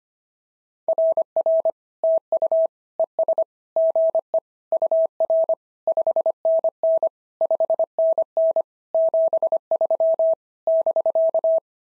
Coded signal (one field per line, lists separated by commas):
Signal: Morse code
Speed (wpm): 24 wpm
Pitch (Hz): 650 Hz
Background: none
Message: RR TU ES GE UR 5NN 5NN 73 <BK>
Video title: SOTA QSO Practice 25wpm